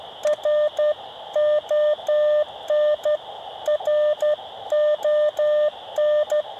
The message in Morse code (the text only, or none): RON RON